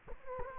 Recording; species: mosquito wingbeat signal from an infrared sensor; Culex quinquefasciatus